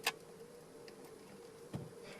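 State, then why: Seated. A GPS antenna plug, clip pointing down, is pushed into the navigation module while adding factory navigation to SYNC 3 in a 2016+ Ford Fiesta. A sharp click sounds at 0.1 s, followed by a faint tick near 0.9 s and a low thump around 1.8 s over steady background hum. The connector is seated.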